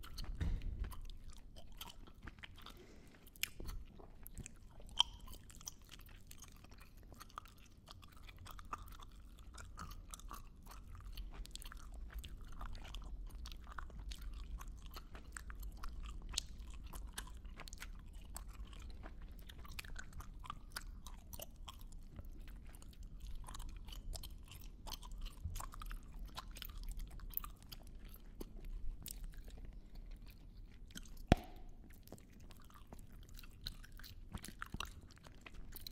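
Gum is chewed in a steady, wet rhythm of small clicks and squelches that continues for the whole stretch. A soft low rumble sits underneath, and a few sharper snaps stand out, one near the end.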